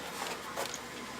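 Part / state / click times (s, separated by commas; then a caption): base stand onto monitor stand neck / not seated / none. A plastic base stand is being pushed onto the stand neck of an Acer AL2216W monitor during reassembly after a backlight capacitor repair. Only soft, steady handling noise is heard, with slight rustles around 0.2 and 0.6 seconds. Nothing has seated or clicked yet.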